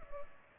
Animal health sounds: mosquito wingbeat signal from an infrared sensor; Culex pipiens

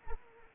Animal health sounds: mosquito wingbeat signal from an infrared sensor; Anopheles arabiensis

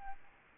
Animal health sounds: mosquito wingbeat signal from an infrared sensor; Aedes aegypti

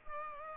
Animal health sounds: mosquito wingbeat signal from an infrared sensor; Culex pipiens

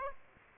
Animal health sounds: mosquito wingbeat signal from an infrared sensor; Aedes aegypti

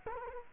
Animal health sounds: mosquito wingbeat signal from an infrared sensor; Culex quinquefasciatus

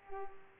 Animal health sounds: mosquito wingbeat signal from an infrared sensor; Culex pipiens

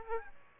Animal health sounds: mosquito wingbeat signal from an infrared sensor; Aedes albopictus

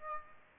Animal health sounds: mosquito wingbeat signal from an infrared sensor; Aedes aegypti

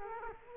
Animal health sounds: mosquito wingbeat signal from an infrared sensor; Culex quinquefasciatus

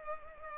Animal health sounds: mosquito wingbeat signal from an infrared sensor; Culex pipiens

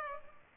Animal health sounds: mosquito wingbeat signal from an infrared sensor; Culex pipiens

